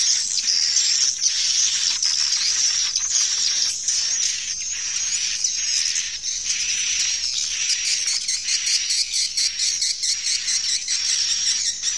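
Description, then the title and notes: Swiftlet chatter: many rapid high chirps blending into a hissing chorus, with uneven louder bursts and a constant high tone running through it. Farmed swiftlets in Asia. "Swiflet Bird Sound. Farming Swiflet Bird asia sound"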